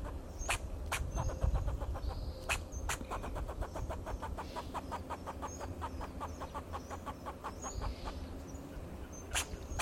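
Fox squirrel chattering in rapid trains of sharp clicking pulses, several bursts with brief pauses, over a constant low rumble and faint high bird chirps.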